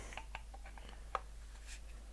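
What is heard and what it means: A small removable bottom piece from the frame of a Diana Bandit air rifle/pistol is being handled and pushed back on, producing a few light ticks and taps, with the sharpest tick at about 1.2 s. Nothing has seated or clicked into place yet.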